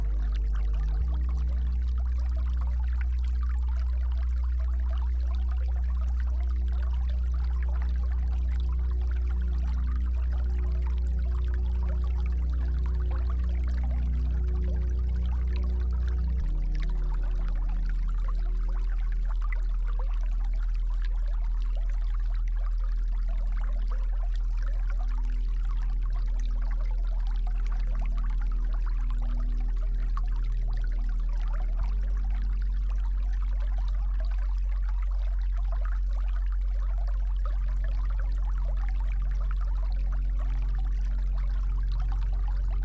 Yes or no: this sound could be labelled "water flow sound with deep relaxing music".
yes